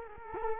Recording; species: mosquito wingbeat signal from an infrared sensor; Culex quinquefasciatus